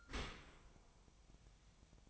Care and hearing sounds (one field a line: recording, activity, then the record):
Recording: daily activity, microphone in the room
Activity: open dishwasher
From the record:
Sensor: 1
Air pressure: 1004.8 hPa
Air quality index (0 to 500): 107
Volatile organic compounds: 3 ppm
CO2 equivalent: 1472 ppm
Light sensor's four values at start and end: 9/22/8/9 and 9/22/8/9